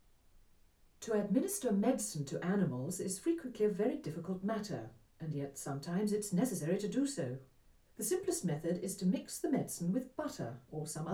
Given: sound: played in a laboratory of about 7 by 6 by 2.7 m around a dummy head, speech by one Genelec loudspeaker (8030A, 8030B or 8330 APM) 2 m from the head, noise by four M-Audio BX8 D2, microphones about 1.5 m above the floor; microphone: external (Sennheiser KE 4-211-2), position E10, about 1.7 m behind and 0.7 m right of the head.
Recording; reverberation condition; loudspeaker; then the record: female speech in English; low; 30 degrees to the left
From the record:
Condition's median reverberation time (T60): about 310 ms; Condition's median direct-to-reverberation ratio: about 3.5 dB